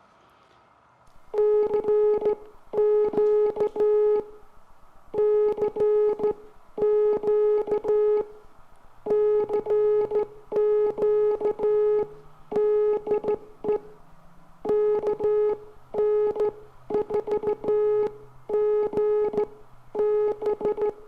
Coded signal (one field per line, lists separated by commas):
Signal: Morse code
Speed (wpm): 14 wpm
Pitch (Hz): 420 Hz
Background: none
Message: CQ CQ CQ DE KN4GB